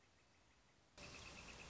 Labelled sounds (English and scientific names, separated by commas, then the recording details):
Northern Flicker (Colaptes auratus)
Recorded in Sonoma County, California